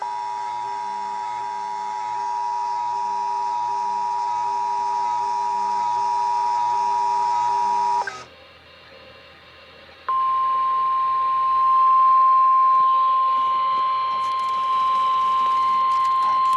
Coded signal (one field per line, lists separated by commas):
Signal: Emergency Alert System (SAME) tones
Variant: 853 and 960 Hz attention tone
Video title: (EAS #2) Flood Warning WXL70 12/26/23